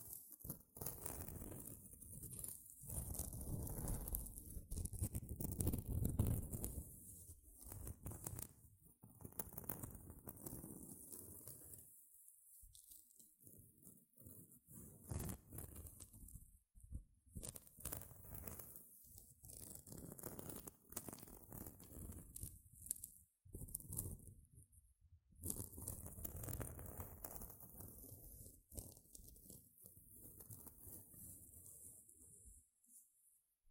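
Gentle scratching with soft, irregular strokes that rustle and patter, fuller and busier in the first ten seconds, then thinning into sparser bursts. Brief near-silent pauses fall around 12, 23 and 25 seconds. A thin, bright hiss stays high above the scratching throughout.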